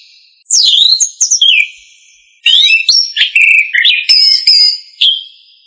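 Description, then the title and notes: Bird song in two phrases of loud, varied whistled notes, sweeping and warbling between high and mid pitch, with brief pauses between bursts. Songbirds from Indonesia. "Kumpulan Kicau Burung Indonesia"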